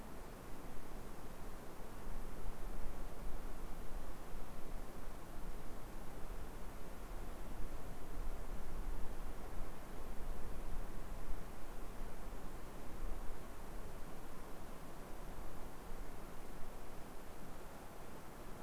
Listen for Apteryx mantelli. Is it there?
no